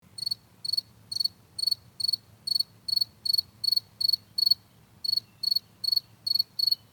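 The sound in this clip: Cricket chirping: short pulsed high chirps repeated steadily about twice a second, with one brief pause midway, over a faint low hum.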